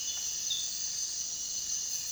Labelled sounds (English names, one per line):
none